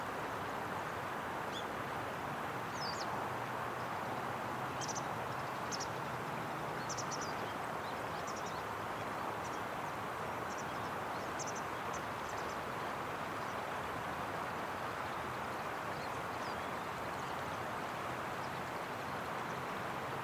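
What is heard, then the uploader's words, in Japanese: Dawn at the waterside, with a steady, dense wash of sound like moving water or rumble holding constant throughout. Short, bright bird chirps break through every second or two, mostly in the first two-thirds, sounding small. 水辺の夜明け。The sky changes color as the sun gradually rises, and the river mist and river surface reflect it.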